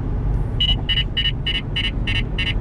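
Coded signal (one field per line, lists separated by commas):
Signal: none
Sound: car radar detector alerts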